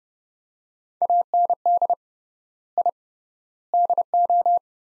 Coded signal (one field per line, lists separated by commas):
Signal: Morse code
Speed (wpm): 30 wpm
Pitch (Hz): 700 Hz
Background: none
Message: AND I DO